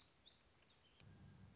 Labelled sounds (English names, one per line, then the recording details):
Black-throated Gray Warbler
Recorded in Sonoma County, California